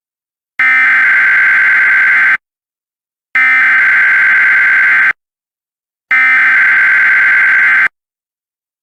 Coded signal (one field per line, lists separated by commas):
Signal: Emergency Alert System (SAME) tones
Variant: header bursts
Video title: EAS Scenario - Storm Dragon